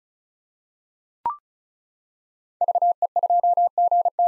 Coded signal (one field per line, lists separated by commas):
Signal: Morse code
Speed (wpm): 34 wpm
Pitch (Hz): 700 Hz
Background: none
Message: VE2GT